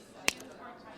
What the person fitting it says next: You hear that little snap?